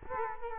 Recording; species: mosquito wingbeat signal from an infrared sensor; Culex quinquefasciatus